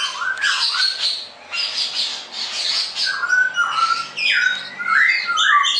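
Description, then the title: Straw-headed bulbul song with rolling, slurred whistles that swoop upward, set against harsh high chatter and squawky notes. Masteran song-tutoring recording for caged birds; described as clear quality, cucak rowo 'ropel gacor' song style. "mster Mnuk. Masteran Burung CUCAK ROWO. Cucak Rowo Ropel Gacor"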